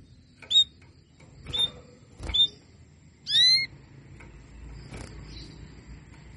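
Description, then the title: Canary calls: three short high chirps, then a longer upswept, ringing note, over a low steady hum. Female canary sounds, Belgian canary, played to stimulate and warm up lazy males so they sing frequently. "Canto Para Esquentar Canário Belga. SUARA KENARI BETINA AMPUH memancing jantan malas bunyi kenari paud jadi gacor"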